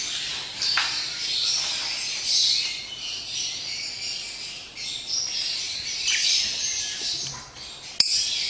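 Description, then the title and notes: Lovebird song, a continuous shrill chatter of fast high notes with occasional louder squeaks and a sharp click near the end. Lovebird in extended ngekek song style, used as a bait song (kicau pancingan) to prompt other lovebirds to sing. "Master Kicau Lovebird ngekek, kicau pancingan"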